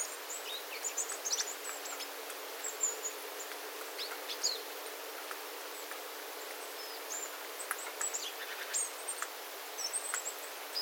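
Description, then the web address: Small birds calling in a loose flock, high thin tsee notes, some rising or falling, scattered throughout amid steady water drips and soft background hiss. Small flock of small birds calling on 9 September 2025 after rain, with water dripping from the eaves. "paivat 9 9 2025 pikkulintuparven aantelya vesi tippuu raystaalta sateen jalkeen"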